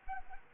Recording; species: mosquito wingbeat signal from an infrared sensor; Anopheles arabiensis